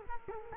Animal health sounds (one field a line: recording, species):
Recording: mosquito wingbeat signal from an infrared sensor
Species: Culex quinquefasciatus